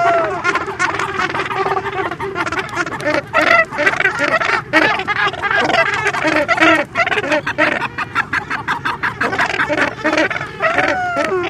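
Cape gannets calling together in a dense chorus of harsh, overlapping rasping and honking notes with only brief dips.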